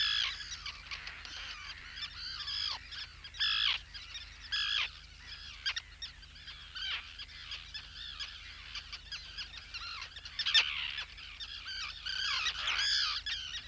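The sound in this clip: Roseate tern calls, continuous overlapping harsh cries and chatter from a crowd of birds, with occasional louder grating calls rising above the rest.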